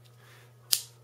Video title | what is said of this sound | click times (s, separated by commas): Keyport Slide | and now it's actually clicked into place so now you can actually use the key | 0.7 s